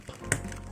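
A plastic extension piece is pushed onto the expansion point of a Transformers War for Cybertron Trilogy Quintesson Pit playset base, with one sharp, loud click at 0.3 s. Fainter taps come at about 0.1 and 0.5 s over a low background hum. The piece is seated and clipped on.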